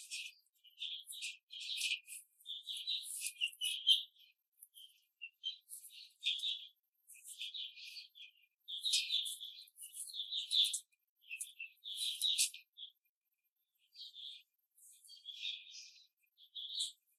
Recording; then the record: young laying hens in a cage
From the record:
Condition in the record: control cage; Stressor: none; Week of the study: 5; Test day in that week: 1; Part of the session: 1